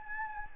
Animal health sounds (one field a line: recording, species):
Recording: mosquito wingbeat signal from an infrared sensor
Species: Anopheles gambiae